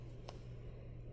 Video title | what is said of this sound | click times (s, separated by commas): PLUSH Candy Corn Crochet Tutorial for Beginners | and I'm going to push on until I hear it snap a little bit | 0.3 s